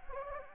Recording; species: mosquito wingbeat signal from an infrared sensor; Anopheles gambiae